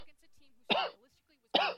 Cough.